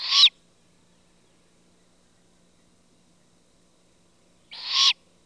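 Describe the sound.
Great horned owl juvenile call, two short, harsh, hissing screeches about four seconds apart, with silence between them.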